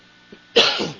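A single harsh cough from an adult who is ill.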